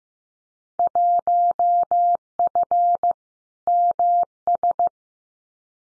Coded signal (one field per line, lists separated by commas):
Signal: Morse code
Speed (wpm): 15 wpm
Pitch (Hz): 700 Hz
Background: none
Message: 1F MS